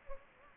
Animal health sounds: mosquito wingbeat signal from an infrared sensor; Anopheles gambiae

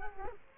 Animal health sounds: mosquito wingbeat signal from an infrared sensor; Culex quinquefasciatus

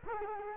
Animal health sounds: mosquito wingbeat signal from an infrared sensor; Culex quinquefasciatus

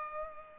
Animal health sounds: mosquito wingbeat signal from an infrared sensor; Culex pipiens

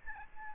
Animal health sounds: mosquito wingbeat signal from an infrared sensor; Aedes albopictus

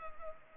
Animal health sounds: mosquito wingbeat signal from an infrared sensor; Culex pipiens

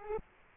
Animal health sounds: mosquito wingbeat signal from an infrared sensor; Aedes aegypti

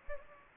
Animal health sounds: mosquito wingbeat signal from an infrared sensor; Anopheles gambiae

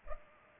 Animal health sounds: mosquito wingbeat signal from an infrared sensor; Culex pipiens

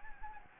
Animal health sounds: mosquito wingbeat signal from an infrared sensor; Anopheles gambiae

